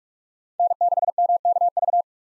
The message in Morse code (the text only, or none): N6MKV